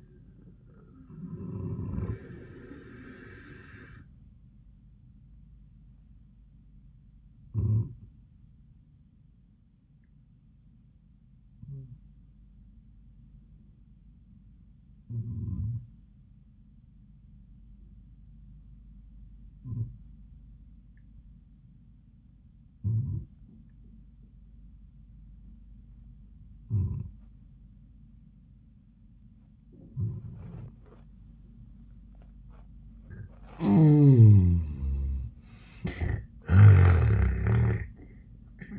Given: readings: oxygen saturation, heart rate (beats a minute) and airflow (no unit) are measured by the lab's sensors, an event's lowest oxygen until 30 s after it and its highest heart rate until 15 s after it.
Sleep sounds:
breathing in sleep by a smartphone at the bedside; 1
8.00-34.40 s: hypopnea (N1, oxygen 96% highest, then 82% lowest, heart rate 81 at the start, 93 highest)
From the record:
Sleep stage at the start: N1 (lightest sleep); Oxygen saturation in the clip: 83 to 96%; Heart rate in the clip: 74 to 89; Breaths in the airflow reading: 5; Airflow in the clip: -32.4 to 25.8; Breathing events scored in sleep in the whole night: 400 in 8.7 hours asleep

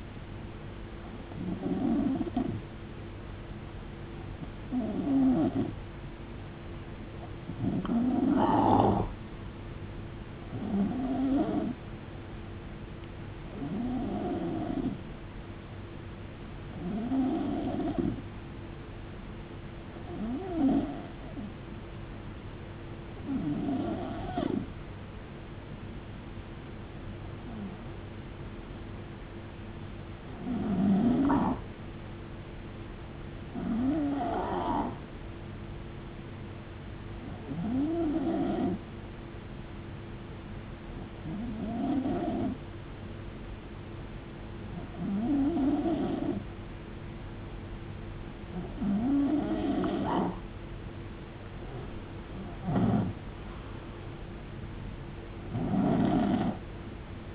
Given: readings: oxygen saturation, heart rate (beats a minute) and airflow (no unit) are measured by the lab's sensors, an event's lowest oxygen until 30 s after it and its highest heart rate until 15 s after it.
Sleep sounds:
breathing in sleep by a voice recorder at the bedside; 1
12.00-27.40 s: hypopnea (N2, oxygen 90% highest, then 89% lowest, heart rate 75 at the start, 78 highest)
From the record:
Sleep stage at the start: N2 (light sleep); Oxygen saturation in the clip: 89 to 92%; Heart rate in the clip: 61 to 80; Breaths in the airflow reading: 17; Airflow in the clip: -17.6 to 14.4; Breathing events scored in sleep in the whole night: 389 in 6.3 hours asleep

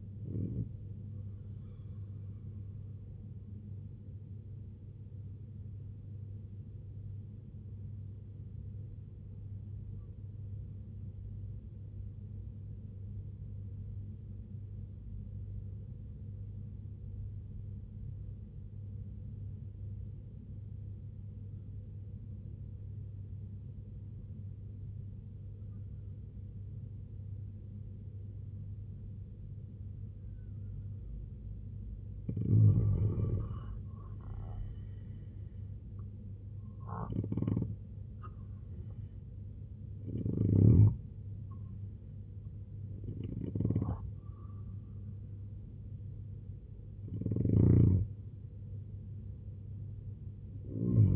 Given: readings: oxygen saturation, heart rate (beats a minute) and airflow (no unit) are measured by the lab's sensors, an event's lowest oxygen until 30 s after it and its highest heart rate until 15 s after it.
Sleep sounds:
breathing in sleep by a smartphone at the bedside; 1
3.00-32.70 s: hypopnea (N2, oxygen 95% highest, then 85% lowest, heart rate 71 at the start, 81 highest)
From the record:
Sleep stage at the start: N2 (light sleep); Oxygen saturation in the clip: 85 to 95%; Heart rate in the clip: 62 to 81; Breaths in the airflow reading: 7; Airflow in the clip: -6.4 to 8.4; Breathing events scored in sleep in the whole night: 258 in 7.4 hours asleep

